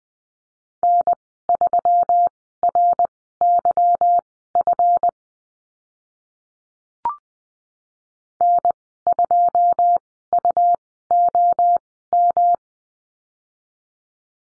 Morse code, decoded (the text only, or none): N3RYF N2UOM